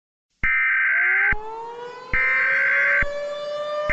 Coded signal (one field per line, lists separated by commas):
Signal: Emergency Alert System (SAME) tones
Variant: header bursts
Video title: EAS Scenario #6: Vaults' Awakening